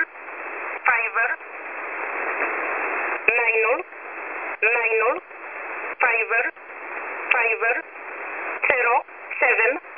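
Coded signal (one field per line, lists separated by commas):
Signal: numbers station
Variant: E11 Oblique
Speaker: you can actually hear E11 go obl saying attention twice and the format just completely being lost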